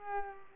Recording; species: mosquito wingbeat signal from an infrared sensor; Culex pipiens